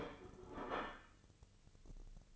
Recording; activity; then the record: daily activity, microphone in the room; place plate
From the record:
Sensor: 4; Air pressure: 1008.3 hPa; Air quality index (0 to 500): 84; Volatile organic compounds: 1 ppm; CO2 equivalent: 656 ppm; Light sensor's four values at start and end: 13/29/12/11 and 13/29/12/11